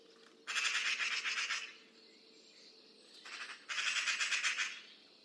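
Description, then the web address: Bird giving two rough, chattering bursts of rapid pulses, each about a second long, with a brief softer burst before the second, against a low steady background hiss. "Deverinetal 2025 File origin Bird Only"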